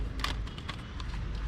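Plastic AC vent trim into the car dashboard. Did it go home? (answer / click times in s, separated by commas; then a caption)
no / none. A plastic AC vent trim piece for a 2015–2019 Sonata is lined up to its shaped opening in the car dashboard and handled into position. Short plastic taps and rattles are heard around 0.2, 0.7 and 1.0 seconds over a low background rumble. Nothing has seated or clicked yet, since the clip ends just before the vent snaps home.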